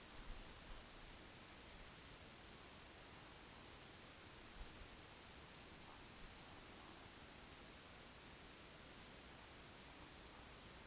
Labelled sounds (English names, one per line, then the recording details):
Eurasian Woodcock whistle
Eurasian Woodcock croak
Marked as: croak, whistle, croak, whistle, croak, whistle, croak, whistle
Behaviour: display flight
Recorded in Baden-Württemberg, Germany, on 31 May 2021 at 20:03 UTC
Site 20675, 466 m above sea level